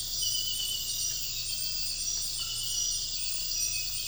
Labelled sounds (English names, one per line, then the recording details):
none
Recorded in dense forest near Puerto Asís, Putumayo, Colombia, on 13 March 2025 at 02:30
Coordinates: 0.484, -76.325
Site G045